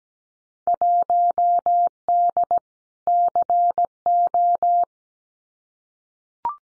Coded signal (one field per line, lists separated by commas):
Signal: Morse code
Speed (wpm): 17 wpm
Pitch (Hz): 700 Hz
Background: none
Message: 1D CO